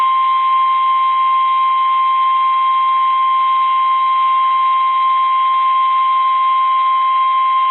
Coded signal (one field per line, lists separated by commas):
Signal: Emergency Alert System (SAME) tones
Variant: 1050 Hz attention tone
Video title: STORMS AND TESTS PART 4... EAS Alerts from 5/24/23 - 5/28/23 (EAS #2,316 - 2,345)